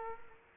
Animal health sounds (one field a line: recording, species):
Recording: mosquito wingbeat signal from an infrared sensor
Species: Aedes aegypti